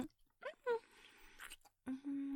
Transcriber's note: kisses